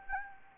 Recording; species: mosquito wingbeat signal from an infrared sensor; Anopheles gambiae